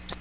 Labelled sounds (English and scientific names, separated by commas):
Magnolia Warbler (Setophaga magnolia) flight call